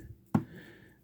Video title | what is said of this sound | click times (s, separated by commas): Joytoy Warhammer 40k Imperial Fists Intercessor (V2) 1:18 Scale Action Figure Review | and it pops right in where it belongs so | 0.3 s